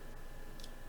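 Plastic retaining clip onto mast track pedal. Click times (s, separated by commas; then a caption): 0.6 s. A red plastic pedal retaining clip is slid over the top of the pedal on a Mistral windsurf mast track until it clicks home. A short, sharp click is heard at 0.6 s over a steady background hiss, and the clip is seated.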